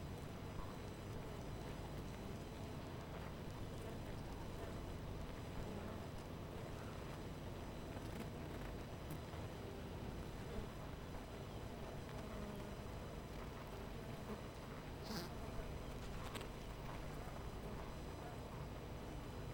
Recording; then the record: honeybee colony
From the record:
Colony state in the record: missing queen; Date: 14 July 2017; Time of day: 12:23